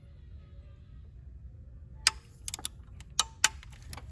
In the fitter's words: And you hear the little click coming from the torque wrench. That means stop. That don't mean keep going.